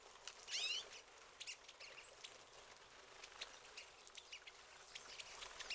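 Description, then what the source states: Pine siskin giving a loud, sweeping, rising buzzy note early on, followed by softer scattered chirps. Several birds.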